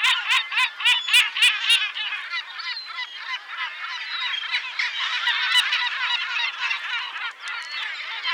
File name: Goéland leucophée (Larus michahellis) - Cris et chants